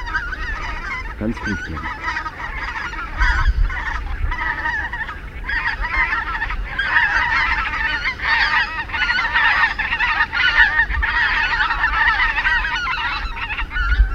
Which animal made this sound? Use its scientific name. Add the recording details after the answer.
Anser albifrons. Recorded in the wild. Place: Zingst, Insel Kirr, Mecklenburg-Vorpommern, DE. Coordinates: 54.418, 12.714. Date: 1979-10-18 19:50. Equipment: Nagra III BH, Sennheiser MD 21, parabola. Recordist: Schubert, Michael. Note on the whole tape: Bläßgänse am Schlafplatz, Mondschein